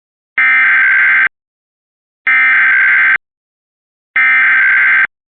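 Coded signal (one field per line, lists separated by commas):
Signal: Emergency Alert System (SAME) tones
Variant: header bursts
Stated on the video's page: Mississippi Amber Alert test.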